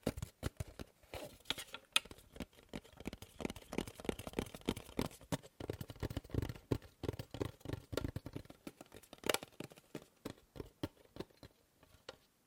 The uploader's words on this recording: ASMR Fast & Slow Tapping on 6 Objects No Talking.